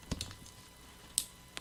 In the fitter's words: click click bubs your unle and those are now in